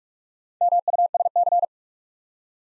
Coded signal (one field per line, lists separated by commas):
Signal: Morse code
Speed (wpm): 44 wpm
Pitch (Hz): 700 Hz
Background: none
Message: MUSC